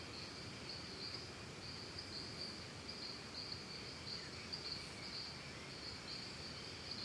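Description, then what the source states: Cricket: an unbroken high-pitched trill with frequent brighter flickers, while a low steady hiss fills the background. Costa Rica; calm forest and jungle ambience.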